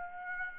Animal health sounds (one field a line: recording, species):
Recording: mosquito wingbeat signal from an infrared sensor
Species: Aedes albopictus